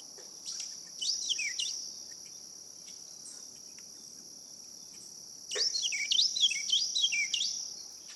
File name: Carolina Wren